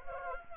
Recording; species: mosquito wingbeat signal from an infrared sensor; Anopheles arabiensis